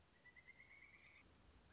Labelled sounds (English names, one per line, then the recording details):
Pileated Woodpecker
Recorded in Sonoma County, California